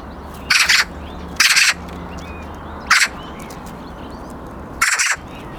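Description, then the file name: Eurasian magpie giving four harsh, raspy calls, spaced irregularly over several seconds, with faint thin whistles of small birds behind. "Pica pica"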